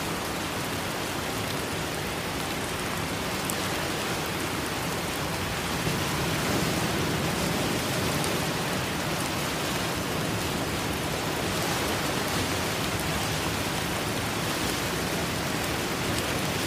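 A steady, dense wash of rain fills the whole clip, hissing evenly across low and high tones with no pauses. Around six seconds a deeper rumble swells slightly and stays, like distant surf or storm noise underneath the constant downpour.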